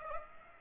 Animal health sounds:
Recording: mosquito wingbeat signal from an infrared sensor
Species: Aedes aegypti

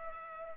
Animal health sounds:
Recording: mosquito wingbeat signal from an infrared sensor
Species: Culex pipiens

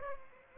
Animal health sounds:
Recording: mosquito wingbeat signal from an infrared sensor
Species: Aedes aegypti

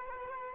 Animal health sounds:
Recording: mosquito wingbeat signal from an infrared sensor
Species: Culex quinquefasciatus

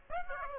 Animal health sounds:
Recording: mosquito wingbeat signal from an infrared sensor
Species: Aedes aegypti

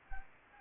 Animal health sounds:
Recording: mosquito wingbeat signal from an infrared sensor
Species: Anopheles gambiae

